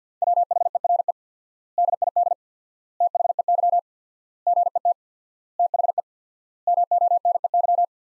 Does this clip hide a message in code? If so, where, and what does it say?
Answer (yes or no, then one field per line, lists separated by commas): yes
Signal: Morse code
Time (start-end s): 0.2-7.8 s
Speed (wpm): 50 wpm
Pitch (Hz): 700 Hz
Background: none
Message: WHERE DID THEY GET THE MONEY